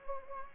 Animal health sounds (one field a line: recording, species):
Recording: mosquito wingbeat signal from an infrared sensor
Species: Anopheles gambiae